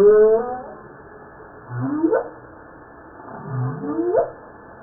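Humpback whale song: a descending harmonic moan, then two phrases each starting with a low grunt and sweeping upward into a rising cry.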